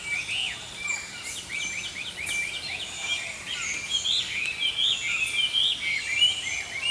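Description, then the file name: Songbirds chirping and warbling, short high notes repeated in quick clusters, with a steady soft hiss. Early morning. "Healing Power Natural Sounds Oasis - Early Morning Songbirds"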